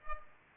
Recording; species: mosquito wingbeat signal from an infrared sensor; Culex pipiens